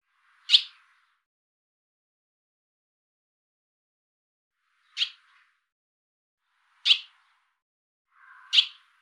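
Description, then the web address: Barn swallow calls: four sharp, bright chirps, the first alone and then three coming closer together near the end, with quiet gaps between them. "cianscape birddata Deverinetal 2025"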